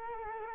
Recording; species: mosquito wingbeat signal from an infrared sensor; Culex quinquefasciatus